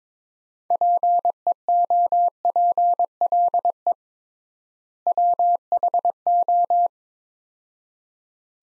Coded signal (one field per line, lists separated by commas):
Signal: Morse code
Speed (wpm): 22 wpm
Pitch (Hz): 700 Hz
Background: none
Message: PEOPLE WHO